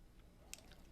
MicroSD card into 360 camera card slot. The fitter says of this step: and press it in until it clicks.